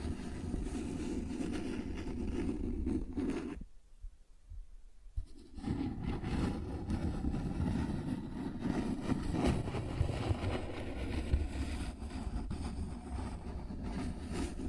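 Cardboard is scratched and rubbed in a dense, rough, low stream, broken by a near-silent pause around four to five seconds before resuming.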